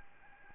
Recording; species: mosquito wingbeat signal from an infrared sensor; Aedes albopictus